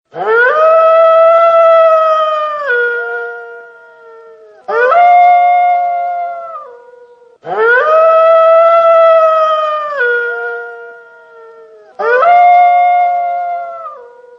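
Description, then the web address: Wolf howling: a long, steady-pitched howl that drops at its end, then a shorter howl; the same pair comes again, giving four howls in all. "zwierzeta wolf-howl"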